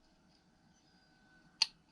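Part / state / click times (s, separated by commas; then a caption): float clipping onto its mount in a lawn mower carburettor / seated / 1.6 s. A float is slid down onto its mount in the carburettor of a vintage 1930s Dennis lawn mower until it clips home. Over a faint steady hum, a single sharp click sounds at 1.6 s as the float seats in place.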